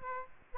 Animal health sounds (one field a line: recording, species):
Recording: mosquito wingbeat signal from an infrared sensor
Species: Aedes aegypti